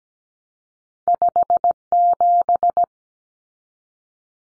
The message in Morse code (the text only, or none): 57